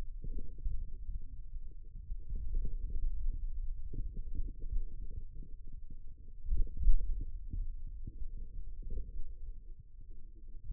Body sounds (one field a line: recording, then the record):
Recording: forearm muscle sounds (acoustic myography)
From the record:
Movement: hand opening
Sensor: system 2, bracelet of six BSWA MPA416 microphones around the upper forearm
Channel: 4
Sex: male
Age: 22 years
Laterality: right